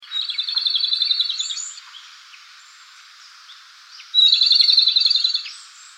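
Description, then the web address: Japanese robin song: two bright, rapid rattling trills, each about a second and a half, the second starting after a pause of over two seconds. Recorded 8 April 2015. "birdenaga komadori"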